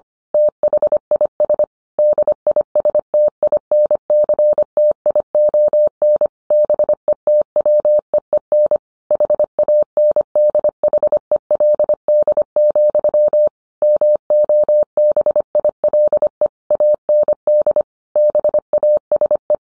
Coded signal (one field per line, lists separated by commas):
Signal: Morse code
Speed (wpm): 25 wpm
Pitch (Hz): 600 Hz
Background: none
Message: THIS DISTINCTION BETWEEN HANDHELD, MOBILE AND BASE